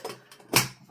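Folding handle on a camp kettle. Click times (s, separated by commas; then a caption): 0.6 s. The fold-out handle of a small metal camp kettle is flipped up into its stowed position, out of the way for use on a fire or stove. A few faint taps come before and after, and the handle clicks into place with a sharp, bright snap at 0.6 s.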